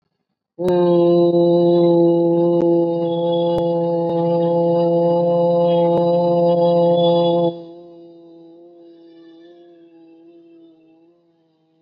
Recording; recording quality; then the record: sustained vowel as in boot; excellent, no background noise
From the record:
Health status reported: COVID-19 positive, mild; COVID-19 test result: positive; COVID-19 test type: RT-PCR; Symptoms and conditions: cough, fever, fatigue, diabetes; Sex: female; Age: 60 years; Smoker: no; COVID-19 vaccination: both doses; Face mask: not worn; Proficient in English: yes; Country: India